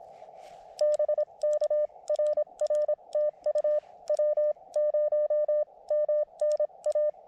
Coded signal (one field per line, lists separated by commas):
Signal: Morse code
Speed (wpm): 26 wpm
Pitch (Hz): 600 Hz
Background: none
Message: BK RR TU W0MNA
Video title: CW POTA/SOTA at Connecticut Hill Wildlife Management Area with the Elecraft KX2